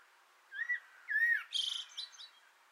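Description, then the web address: Common blackbird song phrase: two soft mellow whistled notes followed by a dense, chattering high-pitched twitter. Singing from an antenna, recorded 6 June 2025. "sammel Naturinspelningar Koltrast på antennen 2025 06 06"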